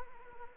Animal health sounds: mosquito wingbeat signal from an infrared sensor; Anopheles arabiensis

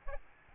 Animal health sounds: mosquito wingbeat signal from an infrared sensor; Aedes albopictus

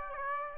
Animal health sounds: mosquito wingbeat signal from an infrared sensor; Aedes aegypti

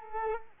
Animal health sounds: mosquito wingbeat signal from an infrared sensor; Culex quinquefasciatus

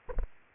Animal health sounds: mosquito wingbeat signal from an infrared sensor; Aedes aegypti

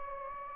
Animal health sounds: mosquito wingbeat signal from an infrared sensor; Anopheles gambiae

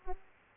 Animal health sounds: mosquito wingbeat signal from an infrared sensor; Aedes aegypti

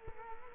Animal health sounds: mosquito wingbeat signal from an infrared sensor; Culex quinquefasciatus

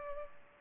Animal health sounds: mosquito wingbeat signal from an infrared sensor; Culex pipiens

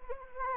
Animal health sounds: mosquito wingbeat signal from an infrared sensor; Anopheles arabiensis

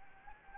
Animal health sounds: mosquito wingbeat signal from an infrared sensor; Anopheles gambiae

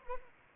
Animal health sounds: mosquito wingbeat signal from an infrared sensor; Anopheles arabiensis

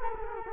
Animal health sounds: mosquito wingbeat signal from an infrared sensor; Culex quinquefasciatus

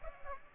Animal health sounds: mosquito wingbeat signal from an infrared sensor; Aedes aegypti

